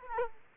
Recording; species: mosquito wingbeat signal from an infrared sensor; Aedes aegypti